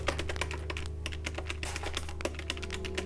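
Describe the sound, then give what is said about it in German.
Rapid plastic button presses clatter in an uneven, steady stream of sharp clicks as the black and grey buttons of a white toy cash register are tapped, with a low constant hum underneath and no talking. “Kasse ist so eine weiße Kasse mit so schwarzen und grauen Knöpfen.”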